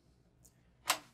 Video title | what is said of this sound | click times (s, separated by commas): Commander C: Out of Box to Running - Control Techniques - Nidec | and plug it in until you hear it click | 0.9 s